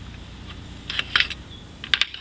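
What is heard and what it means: A plenum bolt on a 2003 Saturn Vue engine is turned backwards in its threaded hole, giving light metallic ticks around 1.0–1.3 s. At 1.9 s a sharp click marks the bolt's thread slipping over into the start of the hole's thread, followed by smaller clicks near 2.0 s and 2.3 s. The bolt is seated on its thread start.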